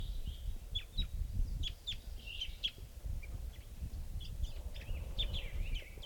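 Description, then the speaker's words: Crossbill calls: short high chips repeated unevenly, partly masked by steady low rumbling noise. Calling a lot from the treetops at 7:54. "So we're calling at 7:54 now, and there's a bird crossbill calling a lot from the treetops here."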